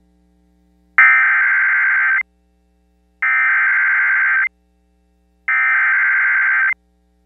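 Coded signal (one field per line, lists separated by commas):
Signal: Emergency Alert System (SAME) tones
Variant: header bursts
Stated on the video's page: Real EAS alerts received during a tornado outbreak.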